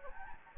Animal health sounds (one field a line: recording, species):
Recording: mosquito wingbeat signal from an infrared sensor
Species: Anopheles gambiae